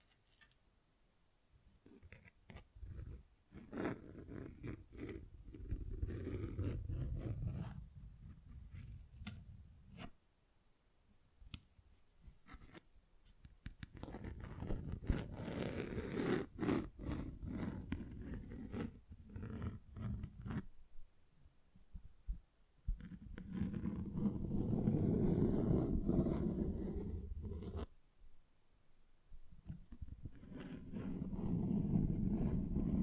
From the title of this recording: Tingly Textures Tapping and Scratching